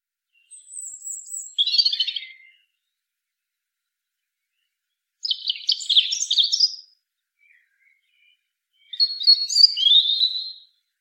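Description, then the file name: European robin song phrases: three separate high, thin warbling bursts of trills and twitters, each about two seconds long, with pauses of two to three seconds between them. "Erithacus rubecula"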